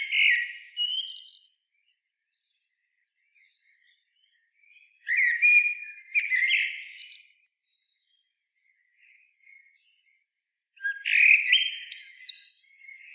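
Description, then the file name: Common blackbird song: several low fluty warbled phrases mixed with high squeaky twitters, separated by pauses of a few seconds. "Turdus merula"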